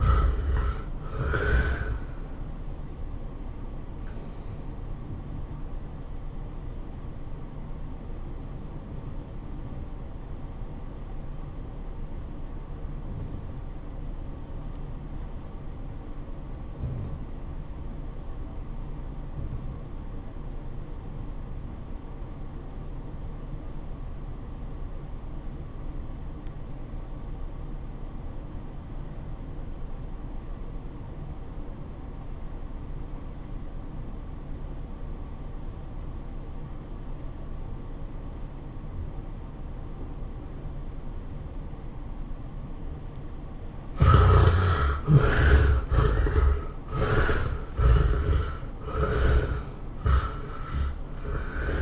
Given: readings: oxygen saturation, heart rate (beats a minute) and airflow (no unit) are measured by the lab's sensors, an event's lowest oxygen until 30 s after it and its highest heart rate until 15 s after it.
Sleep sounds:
breathing in sleep by a smartphone at the bedside; 1
8.00-44.40 s: obstructive apnea (REM, oxygen 96% highest, then 60% lowest, heart rate 108 at the start, 118 highest)
From the record:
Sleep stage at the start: REM sleep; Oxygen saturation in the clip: 63 to 96%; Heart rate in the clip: 67 to 115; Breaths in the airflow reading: 6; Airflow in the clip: -18.9 to 13.5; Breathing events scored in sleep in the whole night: 403 in 5.5 hours asleep

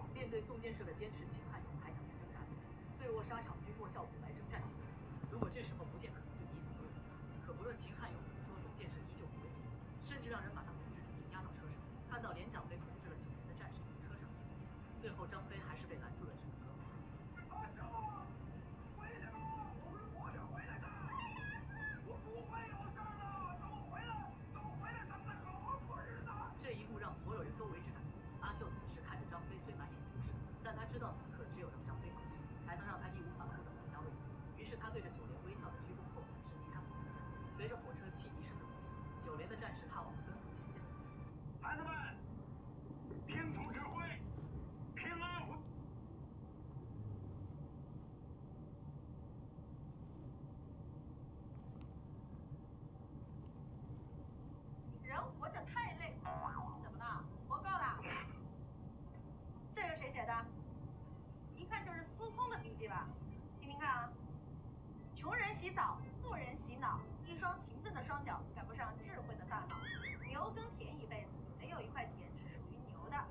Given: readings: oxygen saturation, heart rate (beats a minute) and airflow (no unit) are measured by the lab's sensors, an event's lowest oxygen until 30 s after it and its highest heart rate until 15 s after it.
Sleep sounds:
a person awake in a sleep study, by a smartphone at the bedside; none
0.00-73.31 s: awake
From the record:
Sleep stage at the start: awake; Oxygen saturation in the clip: 92 to 95%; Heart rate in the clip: 53 to 78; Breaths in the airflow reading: 17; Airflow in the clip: -5.3 to 8.4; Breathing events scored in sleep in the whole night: 263 in 5.5 hours asleep

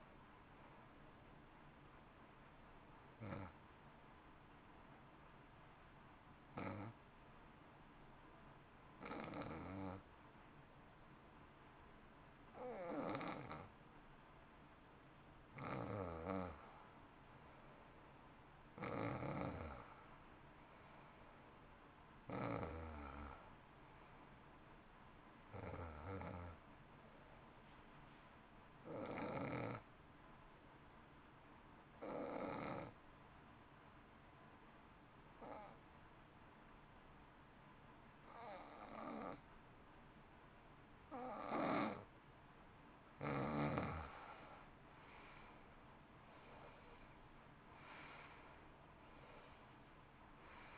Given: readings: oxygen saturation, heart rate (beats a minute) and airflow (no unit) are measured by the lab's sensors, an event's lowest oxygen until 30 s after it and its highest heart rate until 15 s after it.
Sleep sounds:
breathing in sleep by a voice recorder at the bedside; 2
4.00-16.20 s: hypopnea (N1, oxygen 93% highest, then 89% lowest, heart rate 55 at the start, 61 highest)
29.00-42.40 s: hypopnea (N1, oxygen 92% highest, then 81% lowest, heart rate 60 at the start, 65 highest)
From the record:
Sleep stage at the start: N1 (lightest sleep); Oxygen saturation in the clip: 83 to 93%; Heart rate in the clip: 54 to 64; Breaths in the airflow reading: 14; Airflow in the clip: -14.8 to 12.0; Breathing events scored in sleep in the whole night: 328 in 6.3 hours asleep

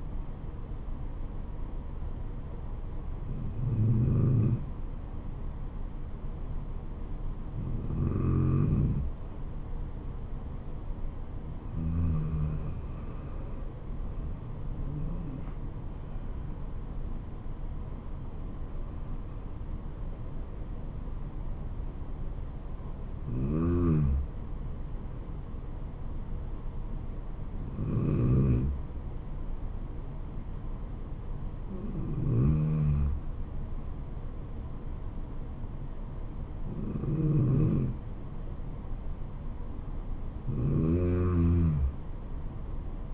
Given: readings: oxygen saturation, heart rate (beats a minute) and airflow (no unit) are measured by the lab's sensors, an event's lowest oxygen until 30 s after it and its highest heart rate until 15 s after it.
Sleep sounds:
breathing in sleep by a smartphone at the bedside; none
none scored
From the record:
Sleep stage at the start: N2 (light sleep); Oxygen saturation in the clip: 91 to 95%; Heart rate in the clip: 68 to 76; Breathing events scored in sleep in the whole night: 426 in 7.4 hours asleep

